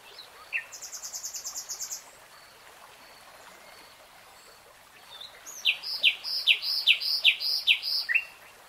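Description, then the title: Nightingale song: a fast dry buzzy trill of repeated notes, a pause, then a loud series of rich repeated whistled notes. "[Tiếng chim hót] Nightingale Singing"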